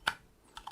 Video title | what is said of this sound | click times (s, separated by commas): Thermaltake TH420 V2 ARGB AIO Cooler Brute Force Cooling On A Budget | and then it locks into place so that is nice and secure | 0.1 s